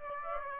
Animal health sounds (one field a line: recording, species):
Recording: mosquito wingbeat signal from an infrared sensor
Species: Aedes aegypti